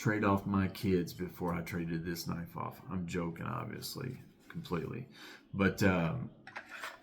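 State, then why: Seated. A fixed-blade Lost Trail 5 knife by TJ Schwarz, full tang and made of A2 steel, is handled with its sheath while someone talks. At 6.5 s a sharp snap is heard as the knife seats into the sheath and the sheath's retention snap closes.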